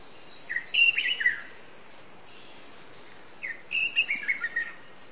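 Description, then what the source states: White-rumped shama song, two brief bursts of high chirping, warbled notes separated by a quiet pause, set against a broad hiss. Wild white-rumped shama from the forest (murai batu hutan) singing.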